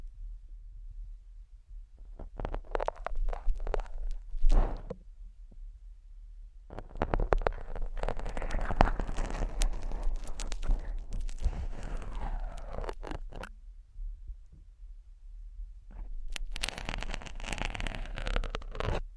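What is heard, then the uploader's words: Slow ear scratching comes in three rustling, crackling bursts, near 2–5, 7–13 and 16–19 seconds, over a constant low rumble. Scratch your ears slowly.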